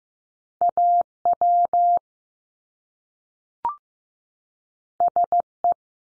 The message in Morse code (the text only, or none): A W S E